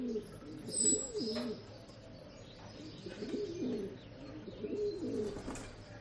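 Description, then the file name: Pigeon coos in a few low rolling phrases over a quiet background, with a brief high whistle from another bird near the start. Early morning, rural setting. "Early Morning Rural Ambience With Pigeons"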